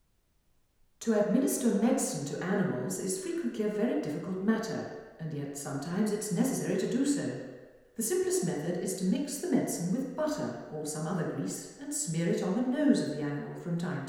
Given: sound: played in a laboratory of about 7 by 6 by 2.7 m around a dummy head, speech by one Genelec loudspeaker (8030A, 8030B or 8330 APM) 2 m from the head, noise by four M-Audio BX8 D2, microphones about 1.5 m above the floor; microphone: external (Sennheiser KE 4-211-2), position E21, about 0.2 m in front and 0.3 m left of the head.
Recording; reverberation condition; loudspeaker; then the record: female speech in English; high; in front (0 degrees)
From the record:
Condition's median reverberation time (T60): about 1300 ms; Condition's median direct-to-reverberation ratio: about -4.0 dB